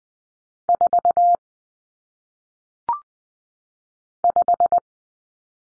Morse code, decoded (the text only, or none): 4 5